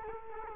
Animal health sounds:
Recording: mosquito wingbeat signal from an infrared sensor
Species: Culex quinquefasciatus

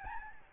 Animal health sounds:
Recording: mosquito wingbeat signal from an infrared sensor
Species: Aedes albopictus

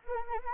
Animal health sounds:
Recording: mosquito wingbeat signal from an infrared sensor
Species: Anopheles arabiensis

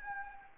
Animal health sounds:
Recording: mosquito wingbeat signal from an infrared sensor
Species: Anopheles gambiae

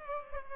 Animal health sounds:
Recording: mosquito wingbeat signal from an infrared sensor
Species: Culex pipiens

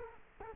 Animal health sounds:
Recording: mosquito wingbeat signal from an infrared sensor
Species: Culex quinquefasciatus

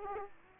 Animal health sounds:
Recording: mosquito wingbeat signal from an infrared sensor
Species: Aedes aegypti

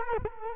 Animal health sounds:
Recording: mosquito wingbeat signal from an infrared sensor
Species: Culex quinquefasciatus

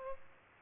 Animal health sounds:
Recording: mosquito wingbeat signal from an infrared sensor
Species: Culex pipiens

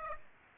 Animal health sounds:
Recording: mosquito wingbeat signal from an infrared sensor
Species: Aedes aegypti

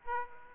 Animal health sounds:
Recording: mosquito wingbeat signal from an infrared sensor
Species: Aedes aegypti

